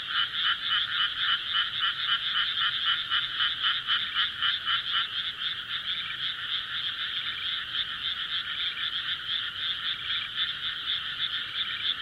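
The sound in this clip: A frog calls in a long, steady rattling trill of quick high pulses that carries on unbroken from start to finish.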